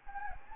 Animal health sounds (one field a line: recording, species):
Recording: mosquito wingbeat signal from an infrared sensor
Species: Anopheles gambiae